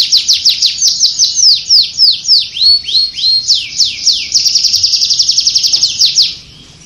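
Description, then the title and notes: Canary singing a fast series of downslurred whistles that speed into a tight rolling trill, then fades out. Master canary song, described as solid (mantap). "Suara Burung Kenari Masteran. master suara burung kenari mantap"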